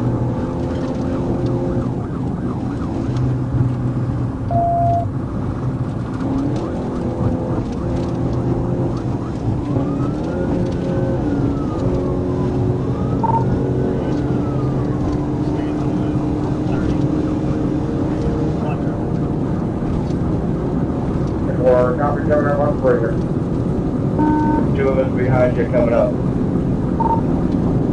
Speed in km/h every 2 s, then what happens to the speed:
180, 179, 174, 175, 180, 187, 190, 198, 203, 204, 208, 211, 217, 221.
0-6 steady at about 175. 6-28 speeds up to 221.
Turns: none.